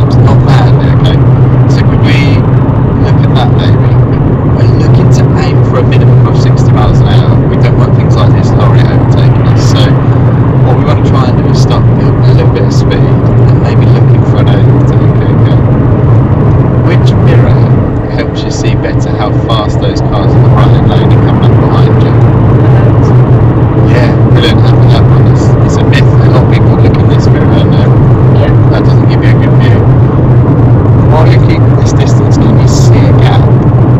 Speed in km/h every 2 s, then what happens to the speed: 76, 74, 74, 76, 76, 79, 82, 85, 87, 89, 89, 89, 89, 87, 85, 84, 82.
0-8 steady at about 76. 8-18 speeds up to 89. 18-25 steady at about 89. 25-34 slows to 82.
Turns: none.